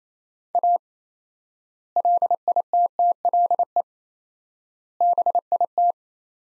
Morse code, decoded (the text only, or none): A LITTLE BIT